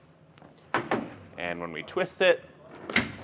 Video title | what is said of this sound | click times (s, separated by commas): etrailer - Setting up the Leer Soft Tonneau Cover on a 2024 Chevrolet Silverado 2500 | and latch it it goes relatively smoothly it's got a nice snap to it I can hear that latch Eng gaug | 3.0 s